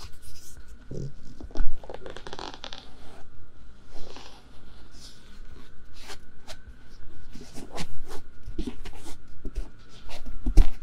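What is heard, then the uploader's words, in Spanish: Close, soft rubbing and scratching sounds of an ear massage, arriving in short irregular strokes and brushes with a few sharper swipes near the start and end. A faint steady hum sits underneath. Los masajes en las orejitas con el 3dio que es un micrófono binaural.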